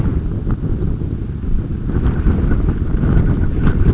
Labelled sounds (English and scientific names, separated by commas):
none